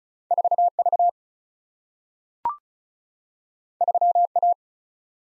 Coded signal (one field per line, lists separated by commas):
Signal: Morse code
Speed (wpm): 36 wpm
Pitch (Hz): 700 Hz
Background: none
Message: 4V 3A